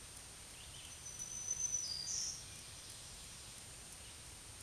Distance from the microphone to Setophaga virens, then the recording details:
about 20 m. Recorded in a Pennsylvania forest on 1 June 2023 at 07:03. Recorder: AudioMoth, point grid3_8_low. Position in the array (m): 118 m, 113 m